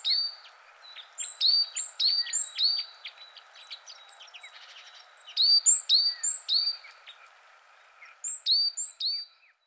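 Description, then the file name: Great tit song: three bursts of repeated ringing notes separated by quiet gaps. "Parus major"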